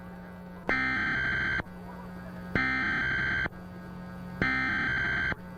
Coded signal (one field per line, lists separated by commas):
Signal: Emergency Alert System (SAME) tones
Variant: header bursts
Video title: EAS Scenario // Beneath //